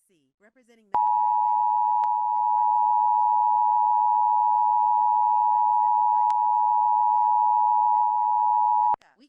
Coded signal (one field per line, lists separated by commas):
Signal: Emergency Alert System (SAME) tones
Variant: 853 and 960 Hz attention tone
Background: speech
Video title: WTOG Emergency Alert System (EAS) Activation, 8/28/2023